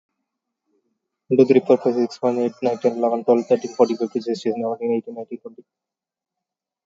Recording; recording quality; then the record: counting at a fast pace; excellent, no background noise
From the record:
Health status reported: COVID-19 positive, mild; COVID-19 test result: positive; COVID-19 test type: RT-PCR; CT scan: taken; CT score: 0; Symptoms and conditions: cough, cold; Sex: male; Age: 30 years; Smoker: no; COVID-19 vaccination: both doses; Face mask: worn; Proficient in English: yes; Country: India